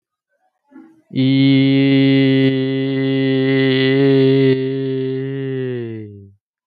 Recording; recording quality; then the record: sustained vowel as in beet; excellent, no background noise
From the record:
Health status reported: healthy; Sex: male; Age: 24 years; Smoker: no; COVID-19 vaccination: one dose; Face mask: not worn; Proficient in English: yes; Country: India